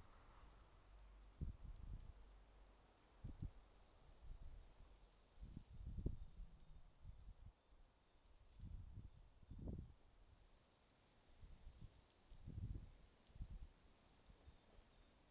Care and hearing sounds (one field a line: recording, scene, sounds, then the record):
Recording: everyday scene through a hearing-aid microphone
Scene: wind on the microphone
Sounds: wind, traffic, birds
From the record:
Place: suburban garden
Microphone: in the ear canal, left